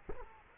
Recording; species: mosquito wingbeat signal from an infrared sensor; Culex quinquefasciatus